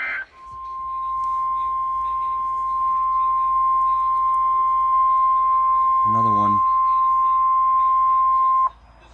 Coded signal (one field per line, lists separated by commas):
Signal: Emergency Alert System (SAME) tones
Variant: 1050 Hz attention tone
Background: speech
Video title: EAS alerts in eastern time part 2